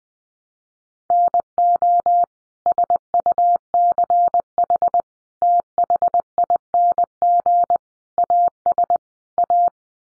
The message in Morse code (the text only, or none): NO SUCH THING AS A